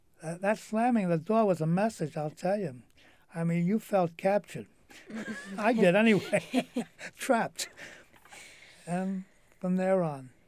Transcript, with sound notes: That slamming the door was a message, I'll tell you, you felt captured (they laugh) I did anyway, trapped from there on.